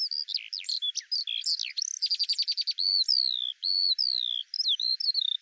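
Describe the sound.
Eurasian skylark song, a fast stream of high chirps, trills and slurred whistles, then longer descending whistled notes before a final burst of short notes.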